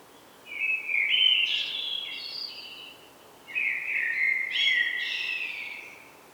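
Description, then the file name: Common blackbird song: two fluted, warbling phrases about three seconds apart, each with higher squeaky notes. "Turdus merula"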